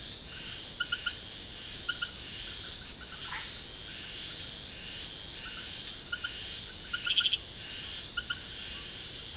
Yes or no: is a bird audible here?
no